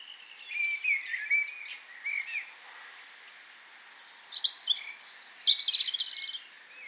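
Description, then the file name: European robin song with gentle low warbles, a pause, then a strong burst of high thin whistles and rattling trills. "Erithacus rubecula"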